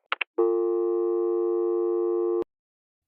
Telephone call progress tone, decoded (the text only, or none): dial tone